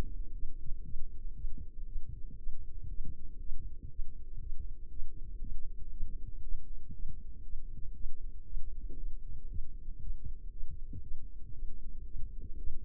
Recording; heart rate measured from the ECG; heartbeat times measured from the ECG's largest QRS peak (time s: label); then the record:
heart sounds by microphone in the left ear; 118 bpm
0.34 s: heartbeat
0.85 s: heartbeat
1.36 s: heartbeat
1.87 s: heartbeat
2.39 s: heartbeat
2.90 s: heartbeat
3.40 s: heartbeat
3.91 s: heartbeat
4.41 s: heartbeat
4.91 s: heartbeat
5.41 s: heartbeat
5.92 s: heartbeat
6.43 s: heartbeat
6.94 s: heartbeat
7.44 s: heartbeat
7.95 s: heartbeat
8.46 s: heartbeat
8.98 s: heartbeat
9.49 s: heartbeat
10.01 s: heartbeat
10.52 s: heartbeat
11.03 s: heartbeat
11.54 s: heartbeat
12.06 s: heartbeat
12.58 s: heartbeat
From the record:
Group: healthy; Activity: light exercise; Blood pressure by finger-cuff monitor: 90/38 mmHg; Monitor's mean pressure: 56 mmHg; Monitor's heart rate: 116 bpm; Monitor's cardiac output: 13.6 L/min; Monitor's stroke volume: 114 mL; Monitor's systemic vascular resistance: 270 dyn s/cm5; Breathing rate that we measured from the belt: 18 breaths a minute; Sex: female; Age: 24 years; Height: 163 cm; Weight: 55.7 kg